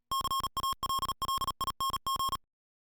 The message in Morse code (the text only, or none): CALLING